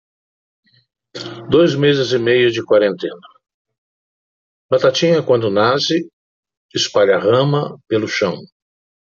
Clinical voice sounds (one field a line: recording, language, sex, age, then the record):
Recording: short text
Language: Brazilian Portuguese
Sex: male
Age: 60 to 69 years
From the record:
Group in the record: control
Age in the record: 65 years